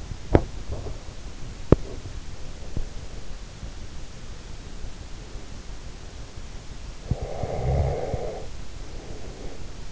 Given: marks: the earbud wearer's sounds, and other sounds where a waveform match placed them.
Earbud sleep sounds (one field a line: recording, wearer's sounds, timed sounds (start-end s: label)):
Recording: sounds in sleep by an in-ear microphone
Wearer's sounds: teeth grinding, snoring breath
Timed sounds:
0.00-2.30 s: teeth grinding
6.93-9.82 s: snoring breath